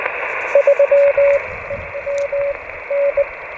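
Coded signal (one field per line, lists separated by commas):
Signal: Morse code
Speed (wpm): 19 wpm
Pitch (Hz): 560 Hz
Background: radio noise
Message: 3 MN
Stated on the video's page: Portable operation on 20, 30 and 40m with a vertical antenna over a roll-up counterpoise mat; on-air test contacts, possibly DX.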